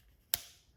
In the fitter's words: and maybe you could hear that click so now it's attached very very firmly doesn't